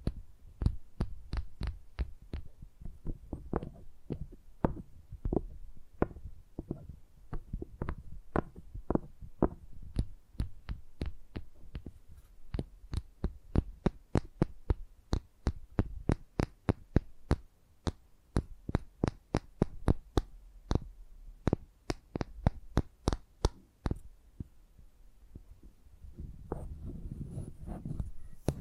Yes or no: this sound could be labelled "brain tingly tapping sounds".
yes